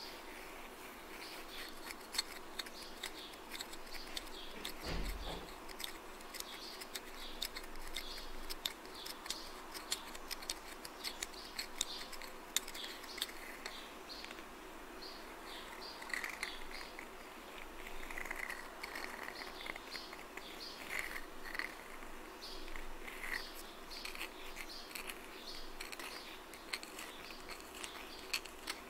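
Scratching and tapping go on for the whole half minute, a dense run of small dry clicks and scrapes with no steady rhythm. The sound stays bright and crisp throughout, with one low thump just after five seconds and busier bursts of scratching around sixteen and twenty-one seconds.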